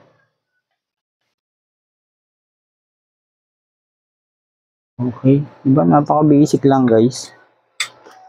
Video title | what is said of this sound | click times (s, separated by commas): Paano ba mag lagay ng thermal phase sa processor? Basic tutorial 💯 | Okay. Tumutunog naman yan. Pag tumunog ibig sabihin nag-lock na siya. | 7.8 s